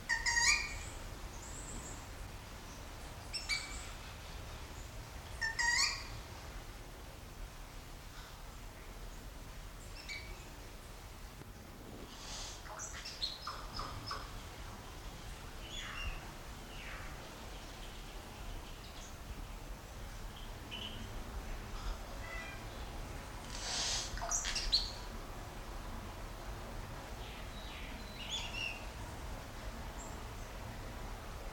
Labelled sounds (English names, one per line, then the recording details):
Yellow-rumped Cacique call
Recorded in captivity
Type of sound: call
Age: adult
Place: Zoo Berlin, Berlin, DE
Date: 1994-04-16 12:00
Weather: heiter, 7-12°C
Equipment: Marantz CP 430, Sennheiser ME 80, Kopie Uher Variocord 263
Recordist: Tembrock, Günter
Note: Lautfolge - diverse Lauttypen